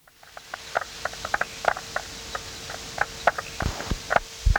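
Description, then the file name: Striped marsh frog giving many short popping calls at irregular intervals, with a few low thuds near the end. "Limnodynastes peronii"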